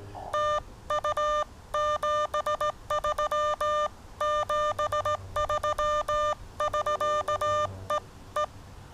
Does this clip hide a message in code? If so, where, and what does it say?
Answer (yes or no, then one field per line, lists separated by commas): yes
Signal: Morse code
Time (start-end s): 0.3-8.4 s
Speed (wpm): 17 wpm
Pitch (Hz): 1200 Hz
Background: none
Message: TU 73 73 <SK> EE